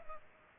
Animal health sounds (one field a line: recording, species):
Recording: mosquito wingbeat signal from an infrared sensor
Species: Culex pipiens